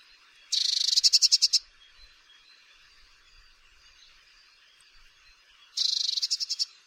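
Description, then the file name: Eurasian blue tit: two high, dry chattering rattles of rapid pulsed notes, roughly five seconds apart, with near silence between. "Cyanistes caeruleus"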